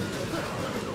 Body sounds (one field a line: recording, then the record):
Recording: coughing mixed with background sound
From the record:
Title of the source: Spring Allergy Coughing